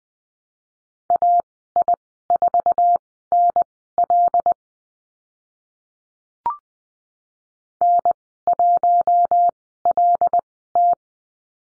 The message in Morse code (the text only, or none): AI4NL N1LT